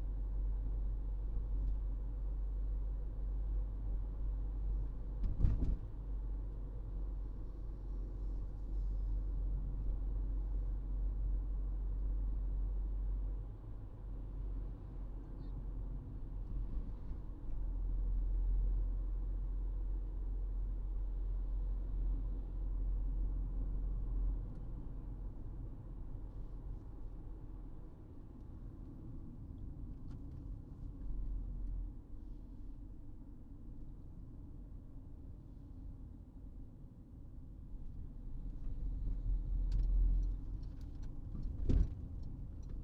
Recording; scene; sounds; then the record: everyday scene through a hearing-aid microphone; in a vehicle; engine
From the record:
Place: Berlingo II, diesel engine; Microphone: in the ear canal, right